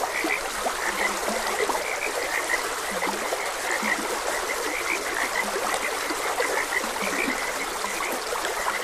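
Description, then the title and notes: Many frogs croak together in quick overlapping bursts, joined now and then by deeper short grunts, while a stream rushes steadily underneath. Frogs croaking beside a gentle stream. "Gentle Stream and Frogs Croaking. Sleep and Relaxation Podcast"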